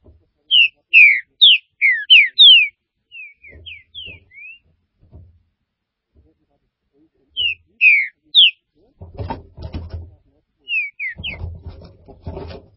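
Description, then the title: Green-winged saltator song of loud slurred whistles in quick phrases, with bursts of rattling, clattering noise near the end. "Trinca Ferro"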